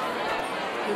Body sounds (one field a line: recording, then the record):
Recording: coughing mixed with background sound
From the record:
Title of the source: Heavy cold and sore throat coughing.